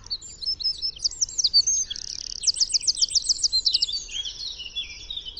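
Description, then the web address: Wren song: a high, fast, tumbling run of sharp notes and rattling trills, loud and energetic for about five seconds, with a quiet low background hum. "chant Troglodyte"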